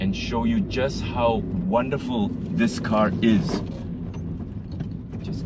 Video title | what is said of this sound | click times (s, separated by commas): USED CAR REVIEW: 2001 Proton Satria GTI 1.8!! You Asked For It! - EvoMalaysia.com | me a second oh the cubox just clicks into place oh my | 4.7 s, 4.8 s